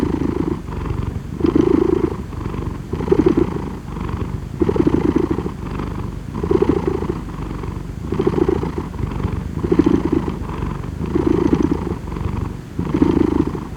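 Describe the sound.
Cat purring continuously, low buzzy rumble pulsing with breathing, inhale and exhale phases alternating about every second to two seconds, no other sounds.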